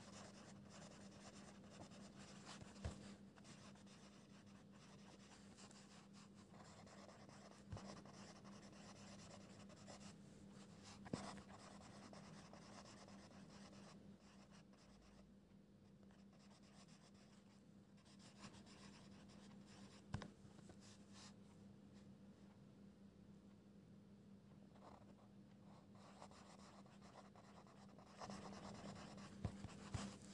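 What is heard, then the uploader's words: Pencil scribbling runs through the whole clip, a dry scratchy texture that swells in brighter bursts and eases off between strokes. A low steady hum sits underneath throughout. Occasional sharp taps or clicks land around 3, 11, 20 and 30 seconds. Pencil ASMR, quiet space, page flipping, scribbles.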